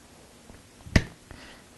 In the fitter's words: Just like that. And you'll be able to hear it snap back together.